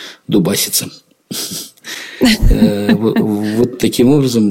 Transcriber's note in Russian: Смеется